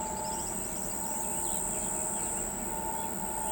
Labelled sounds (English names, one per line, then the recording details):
Brown-crested Flycatcher
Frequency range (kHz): Brown-crested Flycatcher 4.2-6.5 kHz
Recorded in pastures near Pivijay, Magdalena, Colombia, on 14 April 2023 at 05:30
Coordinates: 10.456, -74.369
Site P6-G026